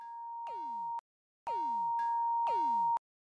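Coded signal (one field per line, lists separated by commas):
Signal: none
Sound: outro music beeps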